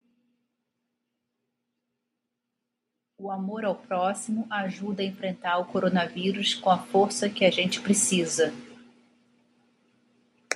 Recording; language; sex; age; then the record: spoken sentence; Brazilian Portuguese; female; 50 to 59 years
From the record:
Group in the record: control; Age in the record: 52 years